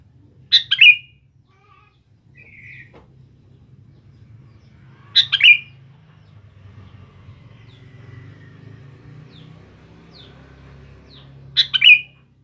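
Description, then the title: Sooty-headed bulbul song: three short, bright phrases spaced several seconds apart, over quiet low background noise. "Kutilang"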